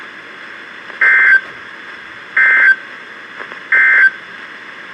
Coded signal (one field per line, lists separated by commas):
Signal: Emergency Alert System (SAME) tones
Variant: end-of-message bursts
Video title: Severe Thunderstorm Watch #241 (EAS #1455-1456)